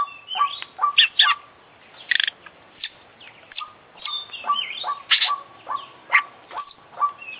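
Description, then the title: Oriental magpie-robin song, a lively run of clear whistles mixed with quick chirps and harsher notes, with short pauses. Champion bird from an Indonesian songbird contest, international winner; full isian (fill-in song material) used for training; described as gacor, singing constantly. "Kicau Mania - Full Isian Juara Internasional Burung KACER Gacor"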